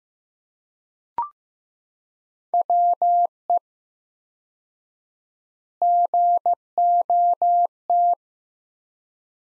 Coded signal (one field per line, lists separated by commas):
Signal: Morse code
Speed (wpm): 15 wpm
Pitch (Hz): 700 Hz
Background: none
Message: WE GOT